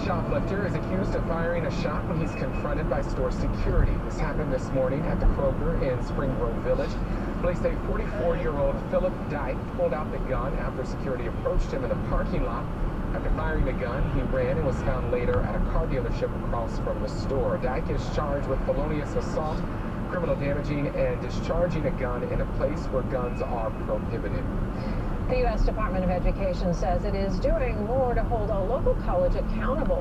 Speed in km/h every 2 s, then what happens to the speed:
60, 60, 56, 53, 48, 48, 50, 55, 56, 56, 55, 55, 50, 45, 45.
0-8 slows to 48. 8-18 speeds up to 56. 22-26 slows to 45.